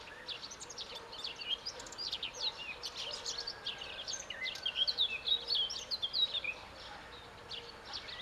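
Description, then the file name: Eurasian blackcap singing a quick, clear warbling phrase amid steady background noise. "Sylvia atricapilla"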